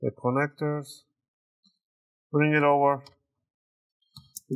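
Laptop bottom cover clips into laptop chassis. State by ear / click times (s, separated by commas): seated / 4.2 s, 4.4 s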